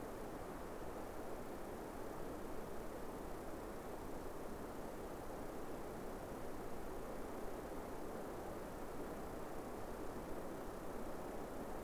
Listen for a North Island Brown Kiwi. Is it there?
no